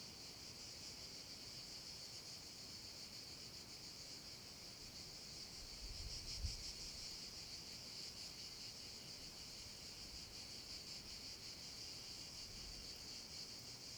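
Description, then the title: Cicada chorus of steady high rasping buzz, gently pulsing, with a brief low thump or gust midway. Cicadas in an abandoned quarry, with wind; recorded with a Zoom H6 and MS capsule. "Cava abbandonata - Vento e cicale nella cava"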